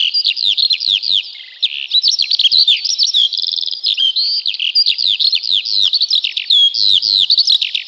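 Eurasian skylark song: fast, tumbling high chirps, downslurred whistles and brief rattling trills poured out in a ceaseless flow.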